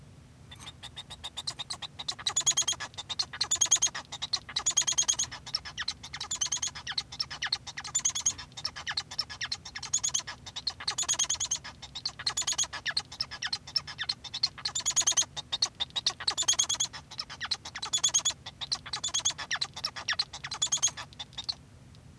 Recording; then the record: song of a male Bengalese finch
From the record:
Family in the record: son of father 1